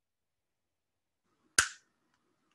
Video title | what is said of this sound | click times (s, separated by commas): Lotus Duke V Serrated Cigar Lighter/Cutter | heard that click in there nicely so it's not going to come out | 1.6 s